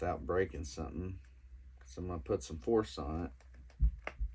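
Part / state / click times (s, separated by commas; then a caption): plastic toy gun into its mount on a toy flight pod / seated / 4.1 s. Someone talks while pushing a plastic toy gun with some force onto its mount on a GI Joe Classified Trubble Bubble action-figure flight pod. At 4.1 s the gun snaps home with a sharp click, and it is seated.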